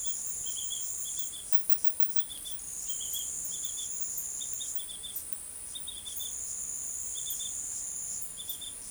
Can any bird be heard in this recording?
no